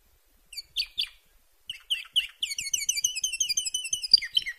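Canary song opening with a few separate sharp chirps, then running into a fast rolling trill of repeated high notes.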